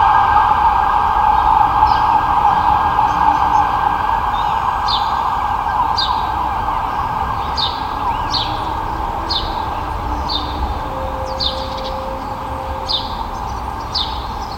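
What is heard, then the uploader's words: Outdoor field recording with a steady, dense hum filling the middle range throughout, like traffic or machinery. Short bright bird chirps repeat every second or so from about four seconds on, with a faint thin whistle near the start and a low tone near eleven seconds. Field Recordings. 12.00 PM.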